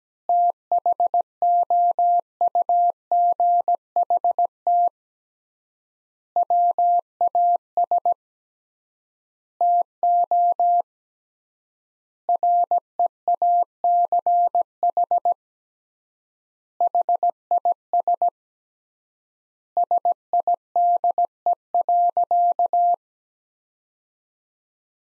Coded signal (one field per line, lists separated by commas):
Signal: Morse code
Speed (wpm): 17 wpm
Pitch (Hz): 700 Hz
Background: none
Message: THOUGHT WAS TO REACH HIS SIDE.